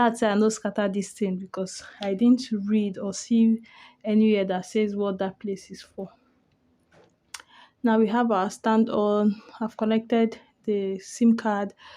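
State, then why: Seated. Someone talks while fitting a plastic stand onto the base of an MTN home router. A sharp, short click at 7.4 s, in a brief quiet pause between the talking, marks the stand snapping on and seating in place.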